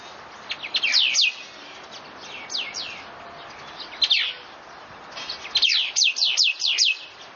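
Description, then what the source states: Bird chirps, thin and steeply falling, come in short rapid runs separated by gaps, with a busier flurry of notes near the end. Recorded 31 October 2013; species unidentified.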